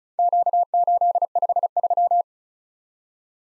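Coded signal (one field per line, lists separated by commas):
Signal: Morse code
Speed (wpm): 36 wpm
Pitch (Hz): 700 Hz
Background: none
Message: Q853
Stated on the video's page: Morse practice drill of random four-character letter-number groups at 35 wpm, each sent, spoken, then resent for head-copy.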